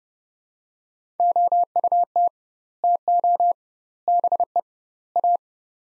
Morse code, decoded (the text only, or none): OUT TO BE A